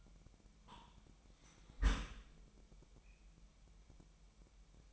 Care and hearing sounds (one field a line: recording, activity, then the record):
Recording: daily activity, microphone in the room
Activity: close dishwasher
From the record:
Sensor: 1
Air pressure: 998.3 hPa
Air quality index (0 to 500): 138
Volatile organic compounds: 4 ppm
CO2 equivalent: 1662 ppm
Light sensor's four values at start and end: 16/55/22/22 and 16/55/22/22